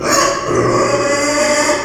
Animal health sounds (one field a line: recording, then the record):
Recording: squeal of a Yucatan mini pig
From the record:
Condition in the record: before surgery on the right vocal fold (resection and tissue-engineered implant)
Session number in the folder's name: 1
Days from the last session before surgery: -3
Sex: male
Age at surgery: 12 weeks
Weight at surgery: 13 kg